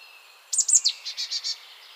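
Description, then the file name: Marsh tit calls: a few sharp high notes followed by a quick series of four buzzy, evenly spaced notes, lasting about a second, over faint background hiss. "Poecile palustris"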